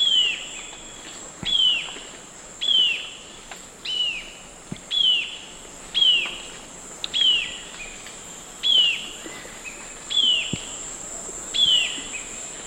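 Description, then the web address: White-eared jacamar calls: a sharp high note that drops quickly, repeated about every second and a half with a fainter echoing tail, over a steady insect hiss. Recorded in the eastern lowlands of South America. "Natures Songs S America Eastern Lowlands White-eared Jacamar"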